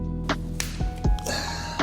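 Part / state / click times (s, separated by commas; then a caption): plastic part with two mounting holes onto prongs at the dirt bike front end / seated / 0.6 s. A plastic part with two mounting holes is slid onto two prongs at the front end of an M2R RS-R 250cc dirt bike, before the front wheel goes on. It clicks into place at 0.6 s over steady background music, followed by a few softer knocks and scrapes. The part is seated and securely on.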